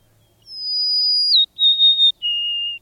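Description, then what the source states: Golden-crowned Sparrow song: three clear whistled notes, each lower than the one before, the first long and high, the middle wavering, the last steady. Plaintive song heard in winter in Washington; the birds head north soon to breed on the Alaskan tundra.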